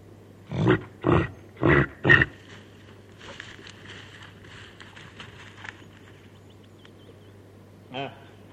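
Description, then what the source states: Reindeer producing four hoarse grunts in a quick series, then a long quiet stretch with faint rustling, and one softer call near the end. Female reindeer calling to her calf.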